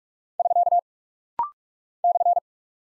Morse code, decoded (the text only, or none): <SK> /